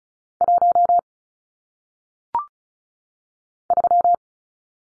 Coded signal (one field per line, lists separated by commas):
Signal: Morse code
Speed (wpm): 36 wpm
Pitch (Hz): 700 Hz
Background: none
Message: 1 3